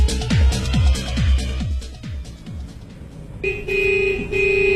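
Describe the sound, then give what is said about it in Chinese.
A car horn blares in two long, steady, loud honks with a bright buzzing tone, after a run of low, rhythmic thumping sounds. No one speaks. “为了城市的环境和大家的健康，请您不要随意按喇叭。”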